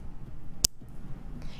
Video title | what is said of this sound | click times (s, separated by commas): JewelleryMaker Designer Inspiration 4/1/14 | hear the little snap there that's how you know that it's completely locked | 0.6 s